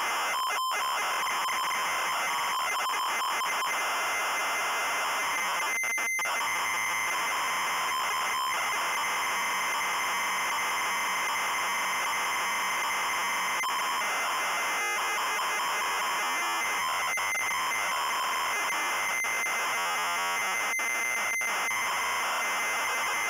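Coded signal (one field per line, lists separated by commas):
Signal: ZX Spectrum tape loading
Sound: harsh buzzing, screeching data warble with brief pauses and short steady tone bursts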